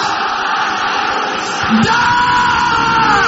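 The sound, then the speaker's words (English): A large crowd yells and shouts together in a sustained, dense roar. It swells louder partway through, with a few higher voices rising above the mass of noise. “Your voice is still not loud enough.”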